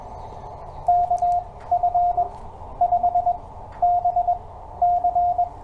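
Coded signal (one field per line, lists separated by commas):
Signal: Morse code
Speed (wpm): 23 wpm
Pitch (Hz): 690 Hz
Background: radio noise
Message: K F 5 B C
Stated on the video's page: CW copy practice with paper and pencil.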